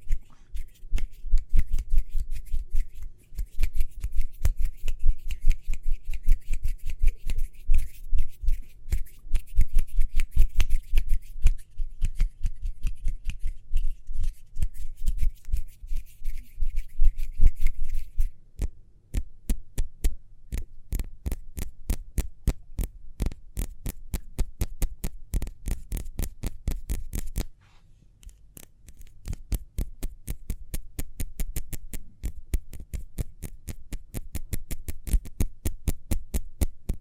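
Quick hand sounds, a dense run of sharp clicks and taps at a fast, fairly even pace. For the first eighteen seconds there is a faint high hiss and low rumble underneath. The clicks then turn crisper and sparser, with a brief pause near 27 seconds.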